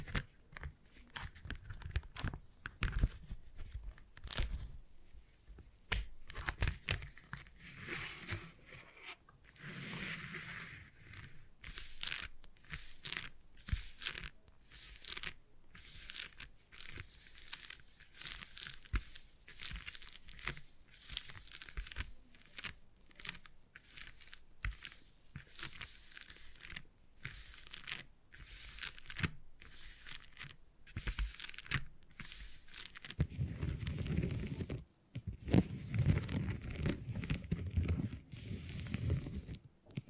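Beeswax is handled with dense, rapid crinkling and crackling, many sharp ticks packed close together and bright in tone. Louder tearing-like rustles come in bursts near the start and around ten seconds. After about thirty-three seconds a fuller, lower rumbling joins the crackle.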